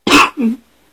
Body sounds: coughing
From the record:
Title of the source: 64 coughing, allergies, singing lungs

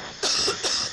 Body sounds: coughing mixed with background sound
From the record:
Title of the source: November cold (wet coughing)

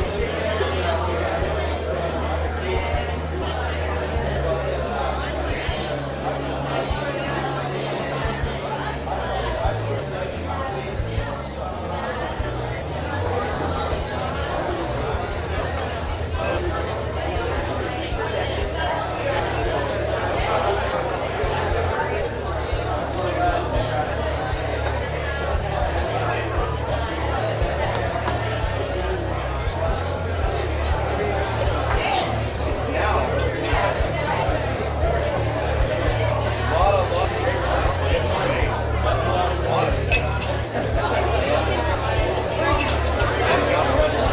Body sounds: background sound without coughing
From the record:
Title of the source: CITY SOUNDS Busy Bar in the Evening Night - 2 HOURS of Ambiance for Relaxation

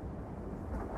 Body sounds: background sound without coughing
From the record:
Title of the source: Train Ride Ambience ambient white noise for sleeping, focus, studying, reading

